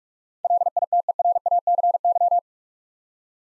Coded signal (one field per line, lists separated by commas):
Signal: Morse code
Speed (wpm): 47 wpm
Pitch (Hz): 700 Hz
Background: none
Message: LITERACY